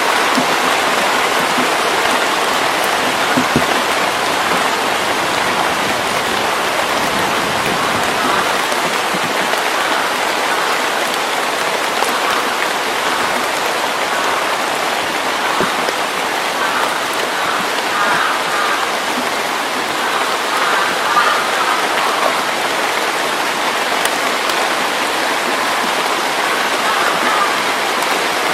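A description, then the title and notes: Rain falls steadily in a forest, a dense, even hiss of countless drops that holds at the same level for the whole stretch. The sound sits mostly in the middle and upper range, with faint individual taps flickering through and almost no low rumble. Rainy days in the forest in early summer.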